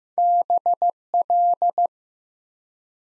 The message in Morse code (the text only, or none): BL